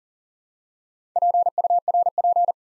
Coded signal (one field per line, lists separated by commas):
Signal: Morse code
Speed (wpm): 40 wpm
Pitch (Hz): 700 Hz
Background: none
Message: PURP